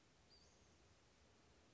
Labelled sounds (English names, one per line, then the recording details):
Western Flycatcher
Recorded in Sonoma County, California